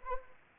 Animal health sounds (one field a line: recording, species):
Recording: mosquito wingbeat signal from an infrared sensor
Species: Anopheles arabiensis